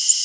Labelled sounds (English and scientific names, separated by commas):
Prothonotary Warbler (Protonotaria citrea) flight call